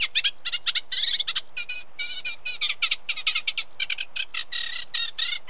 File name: Reed Warbler song of unmated male with very distant cows